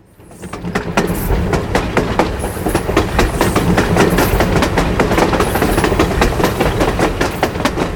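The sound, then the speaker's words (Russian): A high-speed train runs steadily on a high-speed line toward Moscow, heard from the underside of a carriage, a loud continuous rumble fading in at the start, with rapid rhythmic clacking of wheels over joints and faint high metallic squeals on top. “Скоростная магистраль, дно вагона.”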